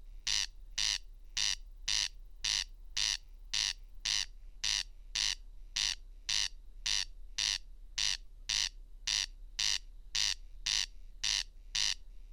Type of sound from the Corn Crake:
song